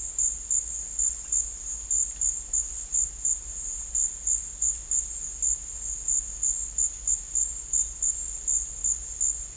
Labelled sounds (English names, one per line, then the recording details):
none
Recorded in dense forest near Puerto Asís, Putumayo, Colombia, on 20 December 2024 at 14:00
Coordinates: 0.484, -76.325
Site G056